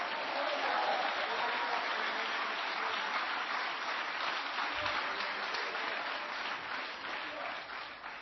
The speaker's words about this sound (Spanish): Denle palmas a Cristo.